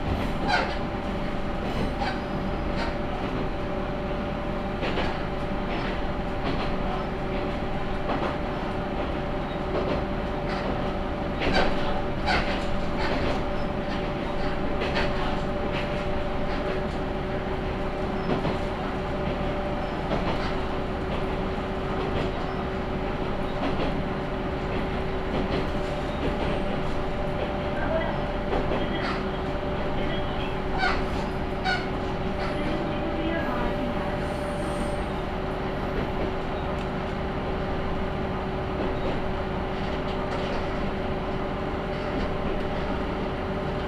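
A Tenryu Hamanako Railway train runs from Nishikiga toward Mikkabi, its engine holding a steady drone with a few fixed tones layered over a dense low rumble. Frequent clicks and clacks from the wheels and carriage punctuate the ride at an even loudness throughout.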